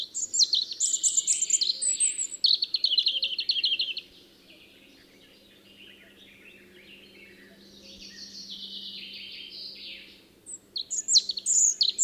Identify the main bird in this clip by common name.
European Robin